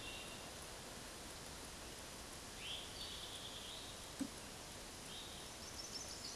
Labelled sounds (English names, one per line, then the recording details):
Eastern Towhee song
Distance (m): 65 m
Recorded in a Pennsylvania forest on 17 May 2023 at 12:52
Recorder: AudioMoth, point grid1_36_low
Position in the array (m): 112 m, 102 m